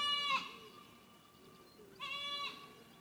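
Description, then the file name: Goat kid bleating twice, each a short high-pitched cry with rich harmonics, over quiet background hiss. Young goat kid, recorded at Vori, Karidi, Crete, on 23 May 2018, with an external microphone. "Kriti Vor Karidi Zicklein"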